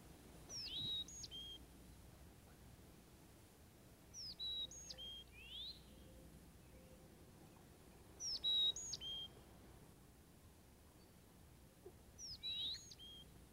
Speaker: Here's the sweet song of the chickadee.